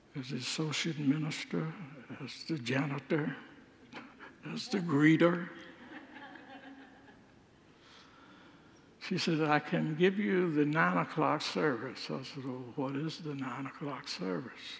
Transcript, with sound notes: As the associate minister, as the janitor, as the greeter. [Congregants laugh] She said, “I can give you the nine o’clock service.” I said, “Well, what is the nine o’clock service?”